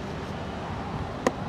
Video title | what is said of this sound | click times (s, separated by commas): 2018-2020 BMW 5 Series G30 Hybrid Rear Bumper Removal Install (Easy Steps to Follow) DIY - ReveMoto | you hear a click | 1.3 s